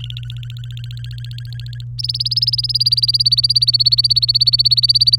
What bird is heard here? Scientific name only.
Serinus canaria